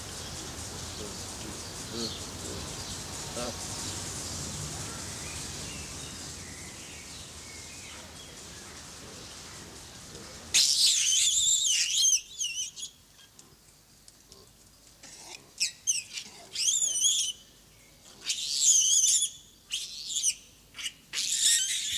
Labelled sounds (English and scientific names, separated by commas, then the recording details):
Hamadryas Baboon (Papio hamadryas)
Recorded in captivity
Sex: diverse
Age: adult
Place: Zoo Berlin, Berlin, DE
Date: 2003-06-27 18:38
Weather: heiter, 25°C
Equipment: Fair Mate ST-1328 (Asahi Electronics, Japan), Sennheiser ME 80, Kopie Uher 4000 Report Monitor
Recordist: Tembrock, Günter
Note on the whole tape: Zuerst Laute in Gruppe; dann Weibchen "bietet sich Männchen an"; Weibchen Laute gegen anderes Weibchen; danach Paarung mit Männchen